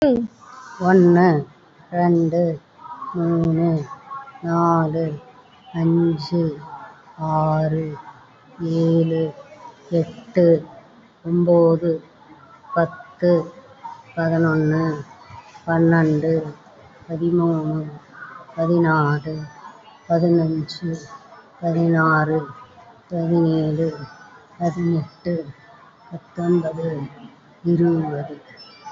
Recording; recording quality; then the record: counting at a normal pace; excellent, no background noise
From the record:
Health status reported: COVID-19 positive, moderate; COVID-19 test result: positive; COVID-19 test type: RT-PCR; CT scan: taken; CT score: 5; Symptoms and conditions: cough, cold, sore throat, fever, fatigue, muscle pain, diarrhoea, diabetes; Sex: female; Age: 63 years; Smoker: no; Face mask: worn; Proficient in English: yes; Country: India